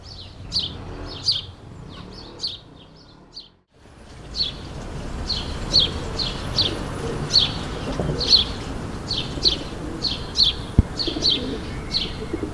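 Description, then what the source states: Sparrow chirps in a rapid run, a brief pause, then regular chirps about once a second, with a single sharp click near the end. Suburban ambient, May 2022.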